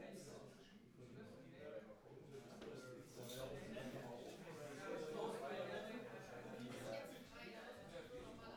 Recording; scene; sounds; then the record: everyday scene through a hearing-aid microphone; many people talking; many voices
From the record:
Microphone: behind the ear, left, front